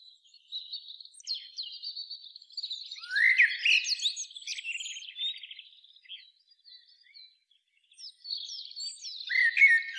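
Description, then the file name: Common blackbird song: a long run of high thin twitters with one lower swooping note in the middle. After a pause, another squeaky phrase starts. "Turdus merula"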